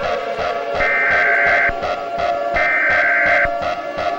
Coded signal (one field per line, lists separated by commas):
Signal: Emergency Alert System (SAME) tones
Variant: header bursts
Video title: EAS Scenario #17 - Illinois Nuclear Disaster